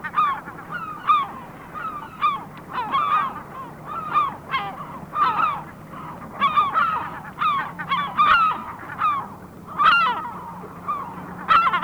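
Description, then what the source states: Herring Gull giving repeated yelping calls in uneven bursts. Field recording by Sten Wahlström on a 1984 Swedish cassette of mountain and coastal birds.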